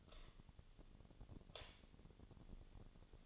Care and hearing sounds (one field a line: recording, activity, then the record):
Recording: daily activity, microphone in the room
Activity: light on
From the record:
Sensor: 4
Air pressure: 1010.7 hPa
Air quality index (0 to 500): 170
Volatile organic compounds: 5 ppm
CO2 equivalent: 1727 ppm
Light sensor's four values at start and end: 38/110/44/45 and 38/111/44/45